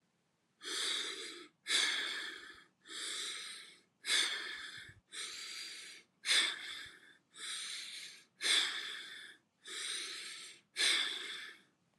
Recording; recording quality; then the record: deep breathing; excellent, no background noise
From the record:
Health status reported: COVID-19 positive, mild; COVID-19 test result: positive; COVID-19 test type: RT-PCR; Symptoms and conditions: cough, cold, sore throat, fever, fatigue, muscle pain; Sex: male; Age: 26 years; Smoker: no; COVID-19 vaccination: both doses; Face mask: not worn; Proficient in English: yes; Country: India